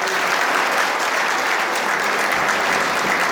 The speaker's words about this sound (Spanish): Un aplauso para el Chivo.